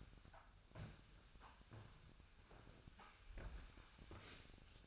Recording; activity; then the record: daily activity, microphone in the room; sweep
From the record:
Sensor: 2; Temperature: 24.0 degrees Celsius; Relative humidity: 35.5%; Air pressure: 1004.6 hPa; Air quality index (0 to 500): 91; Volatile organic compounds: 2 ppm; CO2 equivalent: 1097 ppm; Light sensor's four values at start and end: 6/14/6/6 and 6/15/6/6